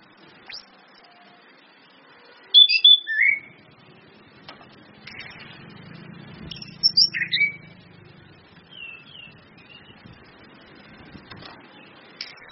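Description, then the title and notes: Orange-headed thrush song, short whistled and chattering phrases spaced a few seconds apart, fairly soft, with a low hum in the background. Indonesian training lure ('pancingan') of clear 'ngeplong' song with female whistles ('suitan betina'), meant to make birds sing eagerly ('gacor'). "PANCINGAN anis kembang ngeplong dan SUITAN BETINA. Masteran Anis Kembang"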